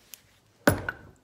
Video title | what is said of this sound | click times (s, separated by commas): Twin Turbo LS Build on a Budget Pt.2 | just crank it till you hear the pop there's | 0.7 s